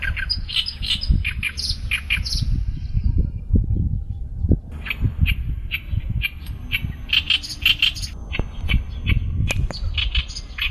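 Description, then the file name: Oriental reed warbler song of coarse, repeated chack-like notes in spurts, with strong low rumbling noise. "kerakbasi besar"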